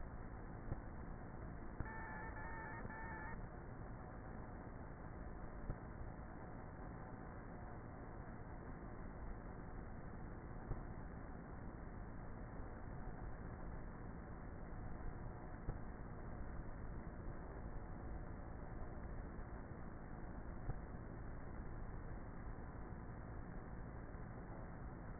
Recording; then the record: honeybee colony, microphone inside the hive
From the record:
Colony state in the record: queenless with a low population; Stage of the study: before two queens were removed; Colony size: about 30,000 bees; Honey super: no